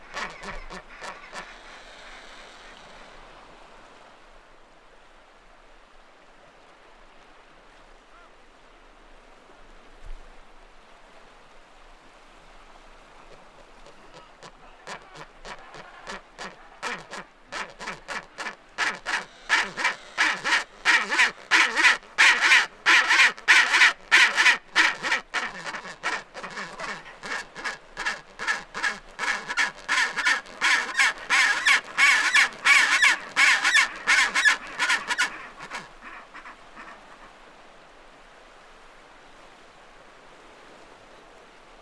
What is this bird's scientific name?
Pygoscelis antarcticus